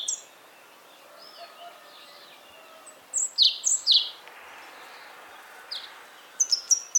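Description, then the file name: European robin song: a few sharp, high descending notes in the middle and a thin, rapid flourish at the close over a faint hiss. "Erithacus rubecula"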